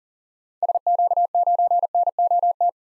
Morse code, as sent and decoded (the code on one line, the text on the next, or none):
... --.- ----. -. --- -
SQ9NOT